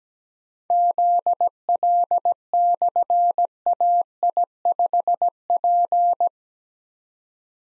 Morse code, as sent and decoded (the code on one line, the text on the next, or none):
--.. .-.. -..-. .- .. ..... .--.
ZL/AI5P